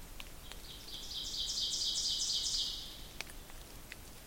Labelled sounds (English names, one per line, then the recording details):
Ovenbird song
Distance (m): 35 m
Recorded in boreal forest in Alberta, Canada, on 2 June 2016 at 07:09
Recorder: SongMeter 3, array SBT-3-7
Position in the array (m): 47 m, 158 m
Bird 4